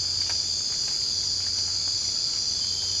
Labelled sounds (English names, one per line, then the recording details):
none
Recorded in secondary vegetation near Puerto Asís, Putumayo, Colombia, on 24 March 2025 at 02:00
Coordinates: 0.502, -76.326
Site G100